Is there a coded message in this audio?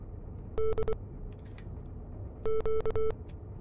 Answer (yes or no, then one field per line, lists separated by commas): yes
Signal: Morse code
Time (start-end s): 0.6-3.1 s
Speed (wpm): 24 wpm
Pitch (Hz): 440 Hz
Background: none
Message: DQ